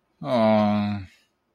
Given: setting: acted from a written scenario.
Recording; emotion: vocal sound without words; guilt